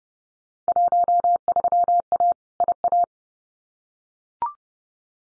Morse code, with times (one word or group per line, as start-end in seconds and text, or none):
0.7-2.3 13A
2.6-3.0 IA